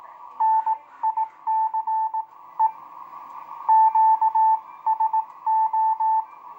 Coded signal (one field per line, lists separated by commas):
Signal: Morse code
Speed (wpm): 18 wpm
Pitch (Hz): 880 Hz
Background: none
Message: NICE QSO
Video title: Hamradio morse code